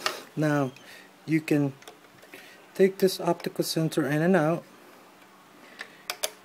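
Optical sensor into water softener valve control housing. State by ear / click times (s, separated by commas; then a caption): seated / 6.1 s, 6.2 s. An optical sensor is pushed into its plastic holder on a water softener control valve. Someone talks first, then sharp, short clicks are heard at 6.1 and 6.2 seconds as the sensor snaps into place and seats.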